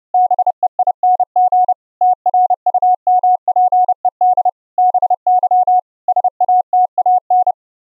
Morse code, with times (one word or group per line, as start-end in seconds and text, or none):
0.1-1.7 BEING
2.0-4.5 TRUMPED
4.8-5.8 BY
6.1-7.5 SATAN